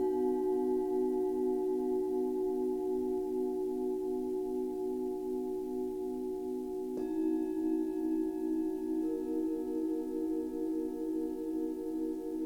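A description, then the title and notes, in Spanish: Singing bowls ring in long, sustained tones with a slow, regular wavering pulse. Around seven seconds a second bowl is struck, adding a new layer of tones over the first, and another faint tone joins near nine seconds as the ringing continues steadily. Un viaje entre cuencos.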